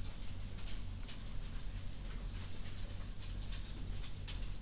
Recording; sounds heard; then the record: poultry house recording; no chicken sound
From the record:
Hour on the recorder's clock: 22